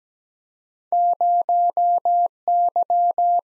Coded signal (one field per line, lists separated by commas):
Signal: Morse code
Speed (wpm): 17 wpm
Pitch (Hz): 700 Hz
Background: none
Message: 0 Y